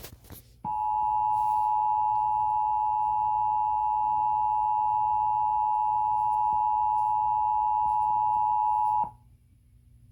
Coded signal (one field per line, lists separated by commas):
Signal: Emergency Alert System (SAME) tones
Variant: 853 and 960 Hz attention tone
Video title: Emergency Alert System November 12, 2012 EAS Mock: